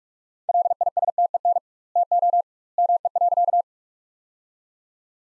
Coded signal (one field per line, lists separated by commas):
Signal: Morse code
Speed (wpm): 46 wpm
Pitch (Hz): 700 Hz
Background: none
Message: LISTEN TO ME.